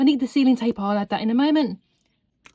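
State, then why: Seated. Someone talks for the first 1.8 seconds, then a plastic quick-connect garden hose coupling is pushed onto a tap adapter fitting. A sharp, brief click at 2.5 seconds marks the coupling locking into place on the adapter.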